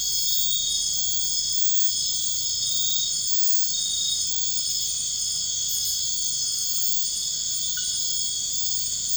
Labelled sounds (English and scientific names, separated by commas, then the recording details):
none
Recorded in dense forest near Puerto Asís, Putumayo, Colombia, on 13 March 2025 at 00:30
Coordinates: 0.484, -76.317
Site G064